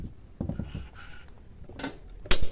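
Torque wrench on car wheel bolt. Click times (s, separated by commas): 2.3 s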